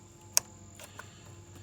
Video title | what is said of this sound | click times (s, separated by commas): Changing Dodge Caliber spark plugs after 70,000 miles | The last one's getting plugged in. Make sure you hear them snap into place. | 0.4 s